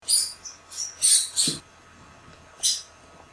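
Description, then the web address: Mouse squeaks: several high, breathy, uneven squeaks in quick bursts, followed by a pause and one more squeak, with a soft low thump in the middle. "allathangokwav eger"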